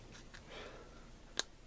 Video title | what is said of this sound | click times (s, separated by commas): Exotac Titanlight Review | and i heard it snap yep went all the way through and | 1.4 s